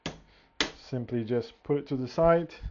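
The side lock on a printer enclosure door is moved to the side to unlock it, giving two sharp clicks at about 0.1 s and 0.6 s. Someone talks through the rest of the clip, and the door lock is left unlocked.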